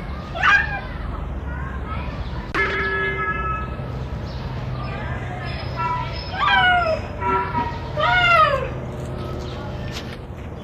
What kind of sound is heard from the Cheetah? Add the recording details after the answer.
call. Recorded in captivity. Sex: male. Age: adult. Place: Zoo Halle, Sachsen-Anhalt, DE. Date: 1977-10-13 11:45. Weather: sonnig, ca. 18°C. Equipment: Nagra SN, Kopie Uher 4000 Report Monitor. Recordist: Tembrock, Günter